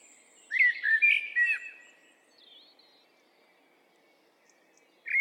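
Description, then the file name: Eurasian blackbird song: one low, fluting warbled phrase of about a second, then faint high notes and a long quiet gap before another phrase begins at the very end. "Turdus merula"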